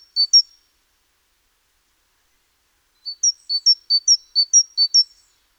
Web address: SETE Parus major